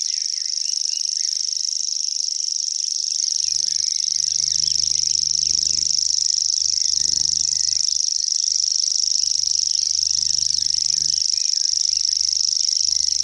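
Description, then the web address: Common grasshopper warbler reeling: a high, dry, insect-like trill held without a break the whole time, with faint low rumbling underneath. "fuglelyder gresshoppesanger"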